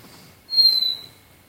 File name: Grallaricula cucullata